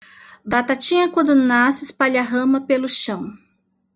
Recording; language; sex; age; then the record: short text; Brazilian Portuguese; female; 30 to 39 years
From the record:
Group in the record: control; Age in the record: 37 years